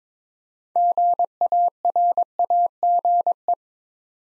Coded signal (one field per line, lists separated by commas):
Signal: Morse code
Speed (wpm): 22 wpm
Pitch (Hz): 700 Hz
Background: none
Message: GARAGE